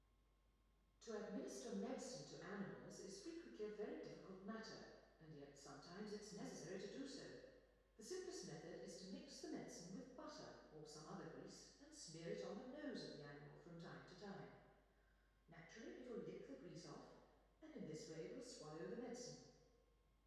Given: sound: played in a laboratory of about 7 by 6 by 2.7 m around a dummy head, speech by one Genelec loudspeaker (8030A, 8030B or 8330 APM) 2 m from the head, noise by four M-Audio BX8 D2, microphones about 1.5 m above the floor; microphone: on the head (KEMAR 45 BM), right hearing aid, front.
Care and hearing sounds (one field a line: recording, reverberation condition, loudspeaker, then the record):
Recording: female speech in English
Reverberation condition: high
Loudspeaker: 60 degrees to the left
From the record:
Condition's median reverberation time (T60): about 1300 ms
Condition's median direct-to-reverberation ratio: about -4.0 dB